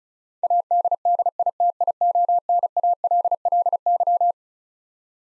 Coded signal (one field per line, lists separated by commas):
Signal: Morse code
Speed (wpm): 36 wpm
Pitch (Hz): 700 Hz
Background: none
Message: ADDITIONALLY